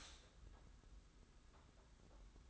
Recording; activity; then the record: daily activity, microphone in the room; stop toaster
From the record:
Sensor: 3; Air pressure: 991.6 hPa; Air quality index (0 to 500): 182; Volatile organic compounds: 1000 ppm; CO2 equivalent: 6075 ppm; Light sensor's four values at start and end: 42/118/48/42 and 42/119/48/42